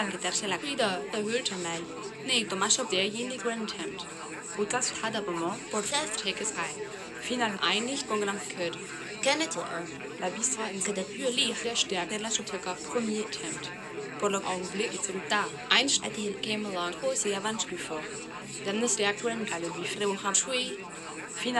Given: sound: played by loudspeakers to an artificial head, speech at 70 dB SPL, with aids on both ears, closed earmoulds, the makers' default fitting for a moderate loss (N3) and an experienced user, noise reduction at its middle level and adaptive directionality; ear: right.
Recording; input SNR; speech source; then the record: speech test signal (ISTS) in cocktail-party noise; -3 dB; in front (0 degrees)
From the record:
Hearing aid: class 2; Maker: E